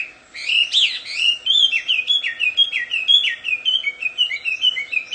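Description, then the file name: Chinese hwamei song: a stream of clear, down-slurred whistles repeated quickly, changing slightly in pitch from phrase to phrase. Wild bird, singing in its natural habitat. "audio kicauan burung hwamei di alam liar. omkicau"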